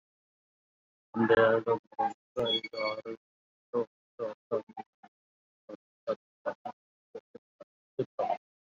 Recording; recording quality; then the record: counting at a normal pace; poor, much background noise or distortion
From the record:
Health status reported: COVID-19 positive, mild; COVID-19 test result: positive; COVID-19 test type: RT-PCR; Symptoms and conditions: cough, cold, fever, hypertension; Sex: male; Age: 65 years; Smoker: no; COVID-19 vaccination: both doses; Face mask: worn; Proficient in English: no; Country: India